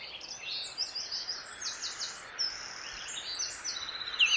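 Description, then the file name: Eurasian blackcap song, a busy run of high warbled and chirping notes over a steady background hiss. "Sylvia atricapilla"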